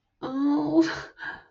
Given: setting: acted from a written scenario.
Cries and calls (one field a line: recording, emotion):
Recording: vocal sound without words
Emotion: embarrassment